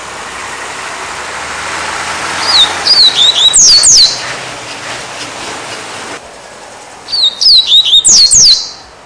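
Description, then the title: Double-collared Seedeater delivering two phrases of rapid, high, slurred whistles, each ending in steep falling sweeps, over a broad background hiss. "Canto Coleiro"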